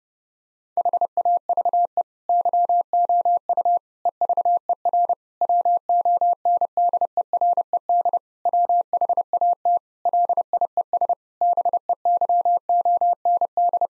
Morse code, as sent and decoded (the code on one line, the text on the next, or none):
.... .- ...- . / -.-- --- ..- / . ...- . .-. / .-- --- -. -.. . .-. . -.. / .-- .... .- - / .-.. .. . ... / -... . -.-- --- -. -..
HAVE YOU EVER WONDERED WHAT LIES BEYOND